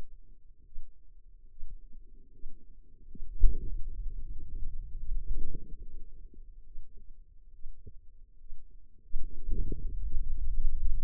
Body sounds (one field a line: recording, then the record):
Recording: forearm muscle sounds (acoustic myography)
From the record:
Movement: pen grasping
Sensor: system 2, bracelet of six BSWA MPA416 microphones around the upper forearm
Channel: 2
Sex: female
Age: 25 years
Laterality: right